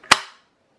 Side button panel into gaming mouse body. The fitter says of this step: if you wanted to put it back just put it in place and it just locks in place pretty nice